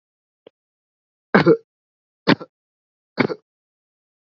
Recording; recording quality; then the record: shallow voluntary cough; excellent, no background noise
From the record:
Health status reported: COVID-19 positive, mild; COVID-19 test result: positive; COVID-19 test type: RT-PCR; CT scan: not taken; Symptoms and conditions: sore throat, fever, fatigue, muscle pain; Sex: male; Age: 23 years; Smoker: no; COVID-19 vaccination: both doses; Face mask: not worn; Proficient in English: yes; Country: India